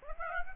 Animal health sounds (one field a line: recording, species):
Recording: mosquito wingbeat signal from an infrared sensor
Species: Aedes aegypti